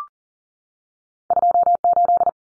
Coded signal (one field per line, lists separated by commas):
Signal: Morse code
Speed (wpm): 40 wpm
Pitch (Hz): 700 Hz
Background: none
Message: 28